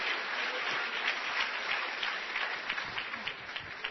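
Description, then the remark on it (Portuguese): An audience applauds Jesus together, a dense, steady patter of many hands clapping that holds for several seconds before thinning slightly toward the end. “Santa, aplauda Jesus.”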